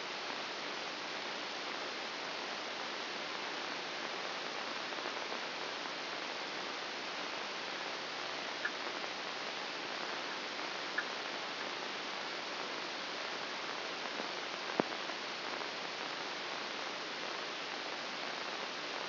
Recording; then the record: brain microelectrode recording played as sound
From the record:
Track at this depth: inside the subthalamic nucleus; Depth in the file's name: 1.804 mm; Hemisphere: right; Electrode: 2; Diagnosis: Parkinson's disease